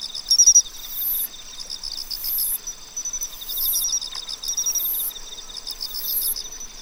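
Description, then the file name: Pine cricket song: a brief clear chirp near the start amid constant pulsed insect calling and strong recurring high buzzing bursts. "Matsumushi"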